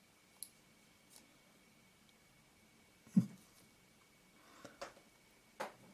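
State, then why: Seated. During reassembly of a non-SMC Pentax Takumar Bayonet 28mm f/2.8 lens, a metal internal part is turned a little back and then forward in the lens barrel until it clicks into place. Sharp metallic clicks are heard at 0.4 s and 4.8 s, with a duller low thump near 3.2 s and faint handling ticks between them in a quiet indoor space. The part is seated.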